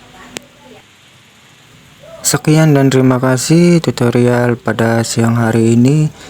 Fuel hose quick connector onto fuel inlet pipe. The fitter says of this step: Selanjutnya, kita pasang kembali selang bahan bakar ke pipa masuk dengan memasukkan dan menekannya hingga terdengar bunyi klik sambil mendorong selang bahan bakar ke pipa masuk.